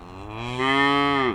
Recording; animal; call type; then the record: contact call of a hoofed animal; cattle; low-frequency (closed-mouth) or high-frequency (open-mouth) call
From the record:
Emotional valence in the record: negative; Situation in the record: full separation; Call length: 1.35 s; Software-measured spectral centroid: 1830 Hz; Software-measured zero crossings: 2130 a second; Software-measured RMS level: -23 dBFS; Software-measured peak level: -8 dBFS